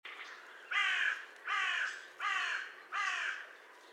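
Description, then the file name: Carrion crow cawing: four harsh, hoarse caws, each about half a second long, spaced roughly every three quarters of a second. "Corvus corone"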